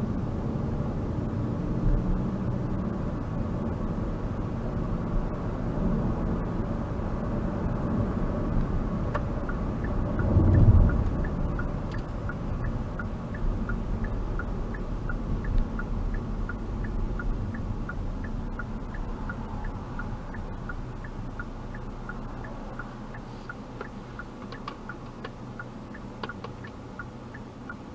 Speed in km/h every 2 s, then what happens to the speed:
44, 50, 53, 56, 55, 53, 53, 40, 29, 18, 0, 0, 0, 0.
0-6 speeds up to 56. 6-12 steady at about 53. 12-20 brakes to 0. 20-28 standing.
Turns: none.